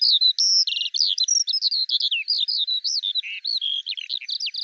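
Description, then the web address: Bird singing a loud, rapid jumble of chirps, buzzy trills and rising and falling whistles, delivered without pause. "Deverinetal 2025 File cleaned normalized Bird Al Ar"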